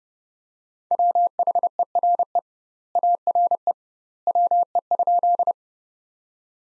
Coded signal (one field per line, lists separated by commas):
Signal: Morse code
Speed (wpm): 30 wpm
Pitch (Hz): 700 Hz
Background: none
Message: WHERE ARE WE?